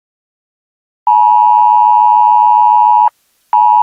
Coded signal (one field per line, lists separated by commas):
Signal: Emergency Alert System (SAME) tones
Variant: 853 and 960 Hz attention tone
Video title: EAS Prank CISA